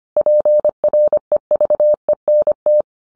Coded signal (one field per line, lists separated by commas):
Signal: Morse code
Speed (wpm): 25 wpm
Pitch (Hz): 600 Hz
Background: none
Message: PREVENT